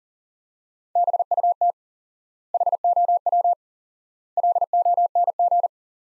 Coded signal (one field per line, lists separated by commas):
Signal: Morse code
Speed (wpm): 40 wpm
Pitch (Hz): 700 Hz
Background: none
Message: BUT HOW LONG